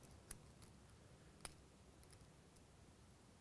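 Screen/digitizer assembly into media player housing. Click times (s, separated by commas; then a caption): 0.3 s, 1.4 s. A replacement screen and digitizer assembly for an iPod Touch 2nd generation is pressed into the metal housing of the media player. Two sharp little clicks at 0.3 and 1.5 seconds mark its clips snapping into place, with quieter ticks around them, and the screen is seated.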